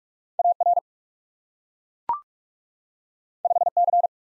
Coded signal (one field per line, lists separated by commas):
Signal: Morse code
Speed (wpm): 44 wpm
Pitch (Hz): 700 Hz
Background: none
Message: AR 5C